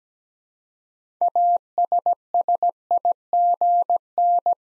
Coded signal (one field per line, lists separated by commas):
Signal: Morse code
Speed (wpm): 17 wpm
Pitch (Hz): 700 Hz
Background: none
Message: ASSIGN